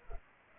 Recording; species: mosquito wingbeat signal from an infrared sensor; Culex pipiens